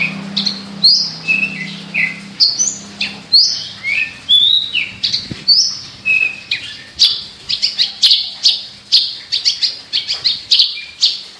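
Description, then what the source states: Javan bush lark song: varied high whistles and slurred notes, then quick repeated chirps. A low steady hum runs underneath at first. Local name branjangan; described as gacor, singing actively; labelled Petir.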